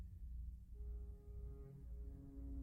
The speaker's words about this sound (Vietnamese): Tiếng còi tàu chợt vang lên lanh lảnh, xé tan buổi chiều thu hiu hắt. Tiếng còi tầm thường quen tai từ bao năm nay, hôm nay bỗng dưng xa lạ, sắc như một lưỡi dao khổng lồ, đâm vào lòng tôi một nhát chí tử.